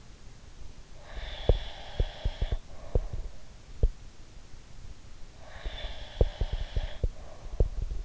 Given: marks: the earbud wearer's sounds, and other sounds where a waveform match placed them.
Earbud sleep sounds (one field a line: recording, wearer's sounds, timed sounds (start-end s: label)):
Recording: sounds in sleep by an in-ear microphone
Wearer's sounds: breath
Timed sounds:
0.96-3.38 s: breath
1.44-3.96 s: sound from someone else or the room
5.29-8.05 s: breath
5.63-8.05 s: sound from someone else or the room